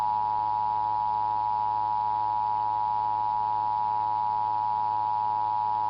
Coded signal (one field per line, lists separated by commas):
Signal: Emergency Alert System (SAME) tones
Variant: 853 and 960 Hz attention tone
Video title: The Nationwide (United States-wide) Test of the Emergency Alert System (EAS).wmv